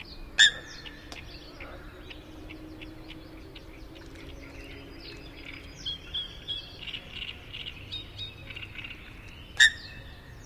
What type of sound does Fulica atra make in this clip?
call